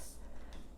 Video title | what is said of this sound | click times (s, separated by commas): Superior Mopping System! | it just clicks right in place and then you're good to go | 0.5 s